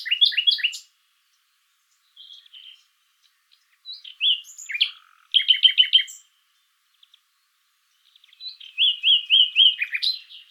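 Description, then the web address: Common nightingale singing in separate bursts: a fast run of repeated notes, a few soft notes, slurred notes ending in a short low note, a rattling run, then a long series of repeated notes. "pub SETE data Luscinia megarhynchos"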